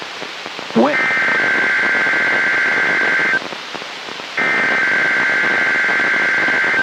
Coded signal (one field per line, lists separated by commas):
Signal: Emergency Alert System (SAME) tones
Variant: header bursts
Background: speech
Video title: 2/8/23 Georgia Statewide Tornado Drill On WWH23 EAS#318